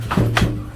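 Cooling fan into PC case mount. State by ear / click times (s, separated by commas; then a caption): not seated / none. A cooling fan is being handled and pushed toward its mount in a PC case, with music playing in the background. Two brief handling knocks are heard, at about 0.1 s and 0.4 s. The fan has not seated or clicked into place yet.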